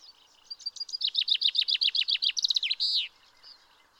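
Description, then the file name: Common chaffinch song: soft introductory notes, then a loud descending series of repeated chirps, a fast trill and a closing flourish, over faint background hiss. "Fringilla coelebs"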